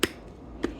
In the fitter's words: Kind of locks into place